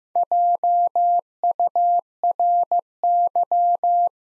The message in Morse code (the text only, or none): JURY